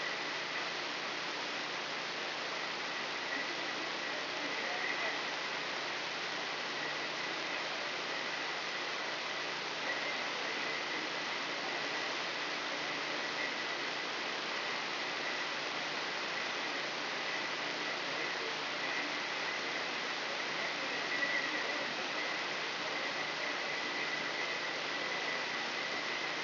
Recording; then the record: brain microelectrode recording played as sound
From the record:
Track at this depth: inside the subthalamic nucleus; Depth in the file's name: 3.708 mm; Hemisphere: left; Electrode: 3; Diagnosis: Parkinson's disease